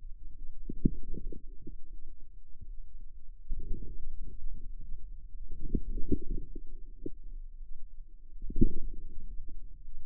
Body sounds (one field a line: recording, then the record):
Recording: forearm muscle sounds (acoustic myography)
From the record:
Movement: inward rotation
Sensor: system 2, bracelet of six BSWA MPA416 microphones around the upper forearm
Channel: 3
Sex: female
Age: 23 years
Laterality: right